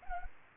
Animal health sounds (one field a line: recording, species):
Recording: mosquito wingbeat signal from an infrared sensor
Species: Culex pipiens